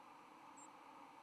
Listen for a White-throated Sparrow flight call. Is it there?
no